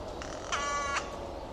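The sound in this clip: Bird call: a single harsh, buzzy note lasting about half a second, with evenly stacked harmonics, against a low background hiss.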